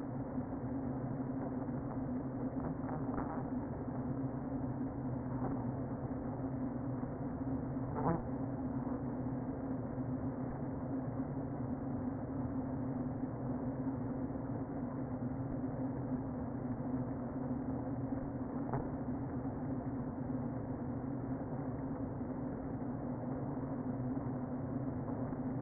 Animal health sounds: honeybee colony, microphone inside the hive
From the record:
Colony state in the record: queen present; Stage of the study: before two queens were removed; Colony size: about 60,000 bees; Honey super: yes

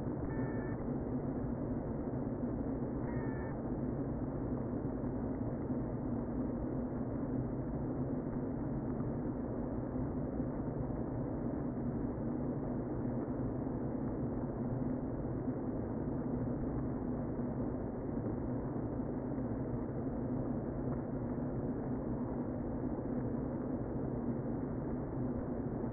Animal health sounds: honeybee colony, microphone inside the hive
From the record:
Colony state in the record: queen present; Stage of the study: before two queens were removed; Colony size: about 60,000 bees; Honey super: yes

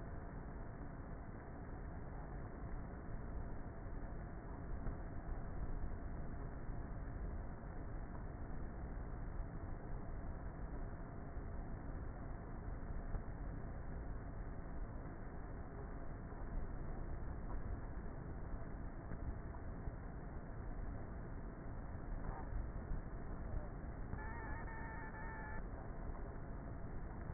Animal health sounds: honeybee colony, microphone inside the hive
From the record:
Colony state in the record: queenless with a low population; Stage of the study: before two queens were removed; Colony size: about 30,000 bees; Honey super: no

